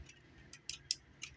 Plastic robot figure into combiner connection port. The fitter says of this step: like so just kind of lock in a place and then we're just going to well